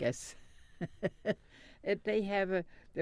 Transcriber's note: she laughs